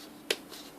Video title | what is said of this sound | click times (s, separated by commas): Как да пуснем за първи път блендер Kenwood BL200x | няма какво повече да обясняваме важното е ето това щракване | 0.3 s